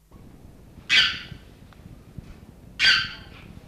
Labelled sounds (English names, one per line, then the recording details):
Harpy Eagle call
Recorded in captivity
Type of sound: call
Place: Adlerwarte Berlebeck Detmold, Nordrhein-Westfalen, DE
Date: 1971-09-05
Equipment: Halbspur, 9,5 cm/s
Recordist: Lütgens, Hans
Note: Rufe